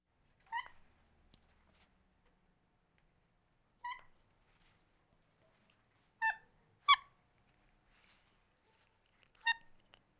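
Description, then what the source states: Capuchin monkey giving short, harsh, harmonic yelps, five calls spread unevenly over about ten seconds with silence between. Nervous capuchin monkey.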